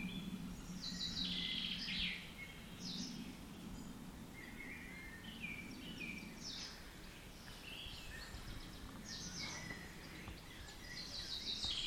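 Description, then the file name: Common chaffinch with trilled bursts near the start and at the end, mixed with faint chirps from other birds and continuous low-pitched background noise. "Fringilla coelebs"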